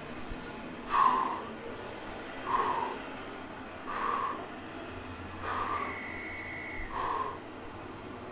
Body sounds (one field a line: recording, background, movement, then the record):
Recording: deep breathing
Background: traffic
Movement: sitting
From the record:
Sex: male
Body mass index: 22.0 kg/m2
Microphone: on the chest, facing outward